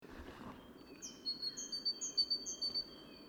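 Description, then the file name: Great tit producing a rapid series of high paired notes over a faint continuous whine. "Parus major"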